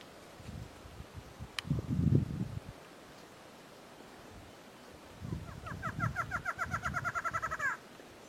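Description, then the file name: Barred antshrike song: a fast rattle of nasal notes ending sharply, heard after and over low rumbling bursts of background noise. "Canto do choca barrada"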